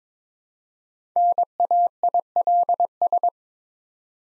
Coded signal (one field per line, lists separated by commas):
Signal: Morse code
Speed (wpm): 22 wpm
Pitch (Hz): 700 Hz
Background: none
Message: NAILS